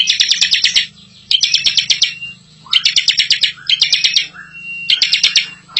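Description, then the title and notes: Bar-winged prinia song of dense, high chattering trills in roughly one-second bursts with short pauses, over a faint low hum. Ciblek singing in the ngebren style, used as a tutor recording for training a white-rumped shama. "Ciblek Ngebren Untuk Masteran Murai Batu. Suara burung ciblek - Suara Nada"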